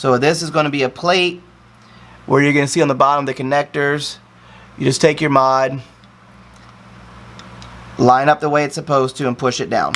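Someone talks while lining a 510 adapter plate up with the bottom connectors of an Artery Nugget GT pod mod body, the way it is supposed to go. Only faint handling sounds come through in the pauses, near 6.0 s and 7.4 to 7.6 s. The plate has not been pushed down or clicked into place yet.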